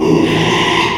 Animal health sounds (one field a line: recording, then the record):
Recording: squeal of a Yucatan mini pig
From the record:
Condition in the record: after surgery on the right vocal fold (resection and tissue-engineered implant)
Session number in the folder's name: 1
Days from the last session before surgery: 6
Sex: male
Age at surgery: 12 weeks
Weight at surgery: 13 kg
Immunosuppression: cyclosporine, prednisolone